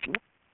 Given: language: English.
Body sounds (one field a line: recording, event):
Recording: throat vibration sensor signal played as sound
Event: swallow